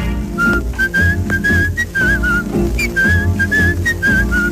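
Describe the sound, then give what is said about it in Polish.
A person whistles a bright, lilting melody in short, connected phrases, riding clearly over a steady instrumental accompaniment with a bouncy bass and rhythm. “Choć kulawą kobyłę mam, ciągle jestem sam, gwiżdżę sobie, nie czując nic od ręki.”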